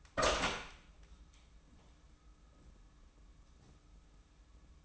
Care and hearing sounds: daily activity, microphone in the room; open door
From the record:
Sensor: 1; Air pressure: 994.4 hPa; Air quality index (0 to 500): 214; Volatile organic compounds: 1000 ppm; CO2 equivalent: 7712 ppm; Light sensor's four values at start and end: 84/186/84/90 and 85/189/85/92

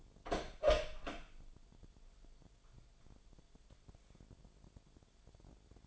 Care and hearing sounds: daily activity, microphone in the room; open door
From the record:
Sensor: 5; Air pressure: 1007.6 hPa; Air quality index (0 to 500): 152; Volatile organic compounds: 3 ppm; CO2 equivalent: 1462 ppm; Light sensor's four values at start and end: 57/163/63/63 and 57/161/62/62

